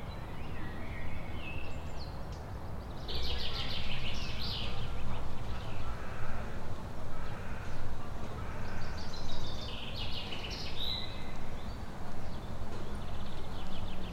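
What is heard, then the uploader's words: Birds chirp and sing in bursts throughout, brightest around four and ten seconds, over a steady low rumble of park and city noise. Lokalizacja: Krzyki. 6 pm. Rekorder, mikrofon: sony pcm d50, mic rode nt4, FEL BMA preamplifier, Rode Boompole Autor nagrania: Bartosz Grzyb.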